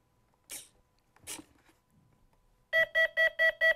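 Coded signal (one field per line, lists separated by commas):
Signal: beep code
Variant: FMS airplane ESC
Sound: two short rustling noises, then a rapid string of short buzzy beeps, about five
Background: indoor room noise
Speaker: you're gonna hear a really rapid tone this tells me that will tell me that the throttle stick is in the wrong position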